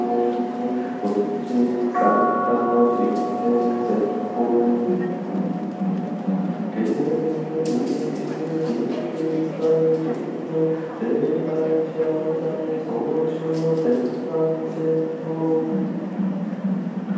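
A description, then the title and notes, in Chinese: Sutra chanting at Xingtian Temple: many voices in a steady, droning group chant, with occasional sharp taps and clicks cutting through throughout. 行天宮誦經。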